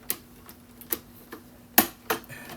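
A finished plastic brick race car from the LEGO City 2025 F1 Garage set 60444 is placed into the garage's car launcher ramp and pressed down. Several sharp plastic clicks are heard near 0.1, 0.9 and 2.1 seconds, with the loudest at 1.8 seconds. At 1.8 seconds the car snaps into place in the launcher.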